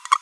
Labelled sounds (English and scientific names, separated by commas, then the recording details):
Green-rumped Parrotlet (Forpus passerinus) babbling
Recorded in a nest box in Venezuela
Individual 18B25A5